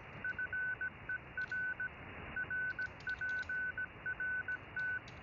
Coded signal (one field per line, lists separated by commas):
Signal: Morse code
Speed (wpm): 17 wpm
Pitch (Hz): 1500 Hz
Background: none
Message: FER RPRT